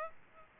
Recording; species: mosquito wingbeat signal from an infrared sensor; Aedes aegypti